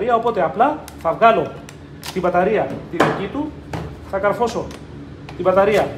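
An 18V battery pack from another tool of the same range is being handled to go into a YATO cordless chainsaw in place of the chainsaw's own battery. Someone talks throughout, and no distinct click or impact stands out. Nothing has seated or clicked yet.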